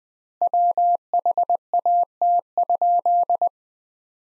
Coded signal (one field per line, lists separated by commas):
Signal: Morse code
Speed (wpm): 21 wpm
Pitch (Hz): 700 Hz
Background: none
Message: WHAT?